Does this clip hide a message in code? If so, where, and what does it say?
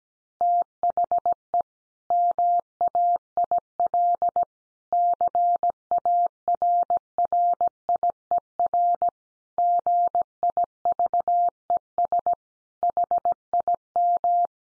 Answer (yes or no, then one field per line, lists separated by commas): yes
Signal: Morse code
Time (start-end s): 0.4-14.5 s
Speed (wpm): 17 wpm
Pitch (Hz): 700 Hz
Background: none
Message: THE MAIL CARRIER GIVES HIM